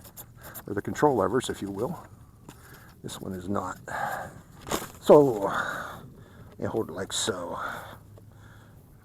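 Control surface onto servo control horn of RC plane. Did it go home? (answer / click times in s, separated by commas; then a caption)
no / none. Someone talks while holding the control surface of an OMPHobby Sunnysky S720 brushless four-channel stunt trainer RC plane centered over its servo control horn, lining it up before snapping it on. Only small handling noises are heard between the speech. Nothing has seated or clicked yet.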